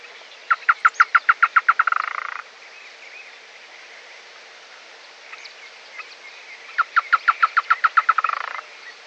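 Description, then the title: Chotoy spinetail song: a fast series of about ten loud, evenly spaced notes that speed up into a rapid chatter, given twice with a pause of several seconds between. "LuckyPassaro Completos2Sama. Chotoy Spinetail (Schoeniophylax phryganophilus)"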